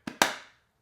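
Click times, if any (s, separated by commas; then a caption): 0.2 s. A natural titanium iPhone 16 Pro Max is pressed into a rigid Phone Rebel Gen 6 Ultra protective case. A lighter snap at 0.1 s is followed by a loud, sharp, very solid click at 0.2 s that rings out and fades by about 0.55 s. The phone is seated in the case.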